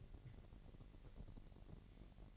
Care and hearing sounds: daily activity, microphone in the room; take from stove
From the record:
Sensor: 4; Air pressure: 1012.8 hPa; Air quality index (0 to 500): 237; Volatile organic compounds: 4 ppm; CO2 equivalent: 1579 ppm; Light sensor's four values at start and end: 30/70/29/29 and 29/68/28/28

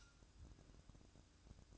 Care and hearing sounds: daily activity, microphone in the room; light off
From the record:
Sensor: 2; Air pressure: 1007.7 hPa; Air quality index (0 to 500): 66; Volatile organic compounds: 1 ppm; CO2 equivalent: 611 ppm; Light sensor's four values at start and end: 13/36/15/15 and 9/21/9/9

